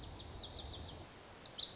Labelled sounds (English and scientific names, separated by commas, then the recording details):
Lazuli Bunting (Passerina amoena)
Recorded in Sonoma County, California